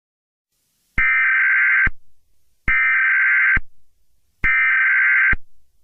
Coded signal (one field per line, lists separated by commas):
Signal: Emergency Alert System (SAME) tones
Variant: header bursts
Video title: EAS Scenario: The Rain of Shells